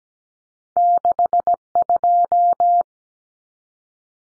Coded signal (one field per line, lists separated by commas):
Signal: Morse code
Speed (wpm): 17 wpm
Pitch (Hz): 700 Hz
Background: none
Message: 62